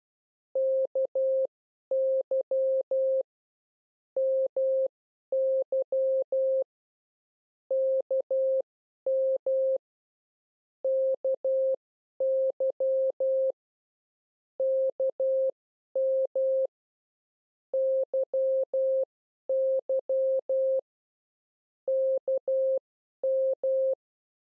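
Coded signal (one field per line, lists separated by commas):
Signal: Morse code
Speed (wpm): 12 wpm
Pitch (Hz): 530 Hz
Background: none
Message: KY MY KM KY KM YY KM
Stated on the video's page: CW learning lesson teaching the letters K, M and Y.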